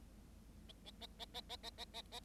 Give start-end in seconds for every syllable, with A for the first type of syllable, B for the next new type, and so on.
0.68-0.72 A, 0.85-0.91 A, 1.00-1.06 A, 1.19-1.25 A, 1.34-1.41 A, 1.49-1.56 A, 1.63-1.70 A, 1.77-1.85 A, 1.93-2.02 A, 2.11-2.20 A